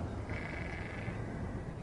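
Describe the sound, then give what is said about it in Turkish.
A single drawn-out sheep bleat, faint and wavering, rises over a constant low rumbling wash of noise and fades after about a second, as the sheep are about to be milked. “Koyunları sağalım da.”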